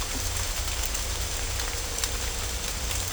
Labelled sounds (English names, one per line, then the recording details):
none
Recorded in dense forest near Puerto Asís, Putumayo, Colombia, on 16 December 2024 at 17:00
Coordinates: 0.503, -76.323
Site G043